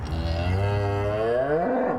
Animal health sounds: contact call of a hoofed animal; cattle; low-frequency (closed-mouth) or high-frequency (open-mouth) call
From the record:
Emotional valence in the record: negative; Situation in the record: full separation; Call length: 2.0 s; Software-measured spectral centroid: 1270 Hz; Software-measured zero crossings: 1030 a second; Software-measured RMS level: -24 dBFS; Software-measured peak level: -12 dBFS

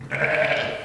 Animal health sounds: contact call of a hoofed animal; sheep; low-frequency (closed-mouth) or high-frequency (open-mouth) call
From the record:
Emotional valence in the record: negative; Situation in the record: short social isolation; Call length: 0.84 s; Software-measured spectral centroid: 2040 Hz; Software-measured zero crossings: 2660 a second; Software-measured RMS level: -24 dBFS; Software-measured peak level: -7 dBFS

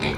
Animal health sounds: contact call of a hoofed animal; pig; closed-mouth grunt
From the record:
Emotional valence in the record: positive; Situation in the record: food and toys in familiar pen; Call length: 0.18 s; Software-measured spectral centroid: 2270 Hz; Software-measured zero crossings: 2370 a second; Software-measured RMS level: -25 dBFS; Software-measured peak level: -12 dBFS

